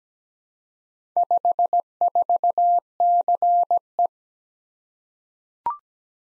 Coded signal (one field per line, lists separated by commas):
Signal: Morse code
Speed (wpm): 17 wpm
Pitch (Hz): 700 Hz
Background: none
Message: 54CE